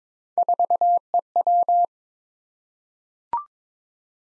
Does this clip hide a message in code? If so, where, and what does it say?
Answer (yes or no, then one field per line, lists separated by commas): yes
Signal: Morse code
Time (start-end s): 0.4-1.9 s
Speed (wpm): 22 wpm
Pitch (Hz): 700 Hz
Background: none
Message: 4EW